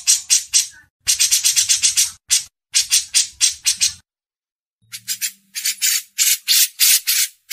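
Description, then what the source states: Grey-cheeked bulbul uttering loud, harsh, buzzy notes in irregular bursts, with a faint low hum underneath in places. Masteran training audio.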